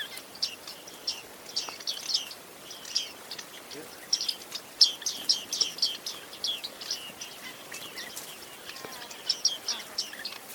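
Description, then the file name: Bearded reedling calls: many short buzzy, twanging notes repeated in irregular quick series over steady background hiss. "Skaggmes"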